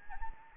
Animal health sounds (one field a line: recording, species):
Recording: mosquito wingbeat signal from an infrared sensor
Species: Anopheles arabiensis